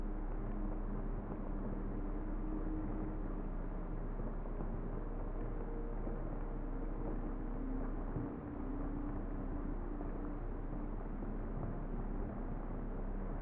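Steady, dense white noise with a dull, muffled top and faint low droning tones beneath, unchanging throughout apart from a brief dip near eight seconds.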